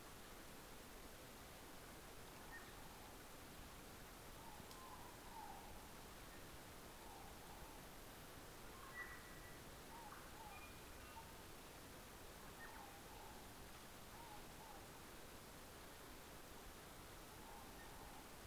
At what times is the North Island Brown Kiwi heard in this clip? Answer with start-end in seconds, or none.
none